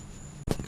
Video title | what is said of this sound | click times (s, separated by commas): Replaced Door on 2012-2018 Ford Focus!! | As it's going back in the channel, you want to feed it through until it clicks into place. | 0.5 s